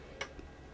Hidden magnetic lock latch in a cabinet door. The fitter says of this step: you hear that click and now you can open it which is a little bit hard with one hand